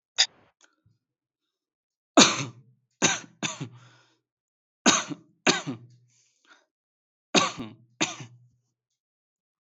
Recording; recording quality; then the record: heavy voluntary cough; excellent, no background noise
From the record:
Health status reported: healthy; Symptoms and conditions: breathing difficulty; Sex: male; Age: 25 years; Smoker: yes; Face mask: not worn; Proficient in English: yes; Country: India